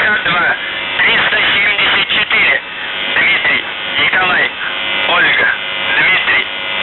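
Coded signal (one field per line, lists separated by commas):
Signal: coded military voice message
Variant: UVB-76 voice message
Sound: a distorted male voice reading words over a noisy shortwave channel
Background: radio static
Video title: The Buzzer/UVB-76(4625Khz) May 22nd, 2023 Voice messages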